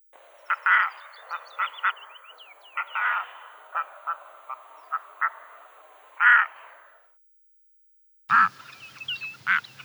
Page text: Птицы России - Краснозобая гагара (Gavia stellata)